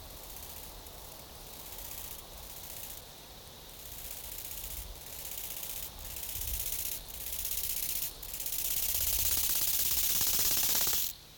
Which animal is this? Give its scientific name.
Chorthippus biguttulus